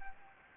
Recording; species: mosquito wingbeat signal from an infrared sensor; Anopheles arabiensis